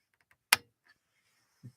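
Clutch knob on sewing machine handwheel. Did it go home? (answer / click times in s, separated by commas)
released / 0.5 s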